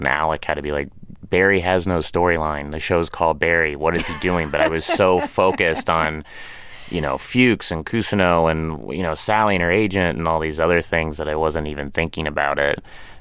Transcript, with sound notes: And Alec had to be like, Barry has no storyline, and the show's called "Barry." What is he doing? (Laughter) But I was so focused on, you know, Fuches and Cousineau and, you know, Sally and her agent and all these other things that I wasn't even thinking about it.